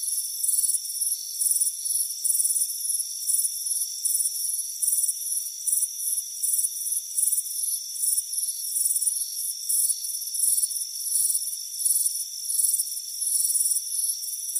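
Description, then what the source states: Crickets chirping in quick, shrill pulsed bursts, about three per second and slightly uneven, with a steady thin high hum underneath. Crickets chirping on a warm afternoon by a front porch.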